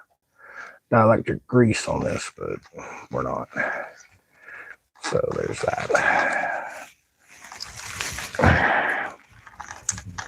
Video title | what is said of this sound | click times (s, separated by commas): It's -5° outside lets work on #harleydavidsonmotorcycles ! | There we go. Snapped in. | 9.9 s